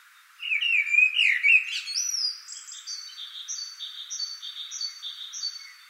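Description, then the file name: Common blackbird: a rich, rolling warble with high squeaky ending, followed by a long steady series of high repeated notes from another singer. "Turdus merula"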